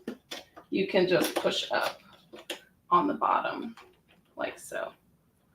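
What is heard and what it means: A presser foot is lined up on the foot bar of a Grace Little Rebel longarm quilting machine and pushed up from the bottom while someone talks, with a few brief light ticks along the way. The foot has not snapped into place yet; nothing has seated or clicked.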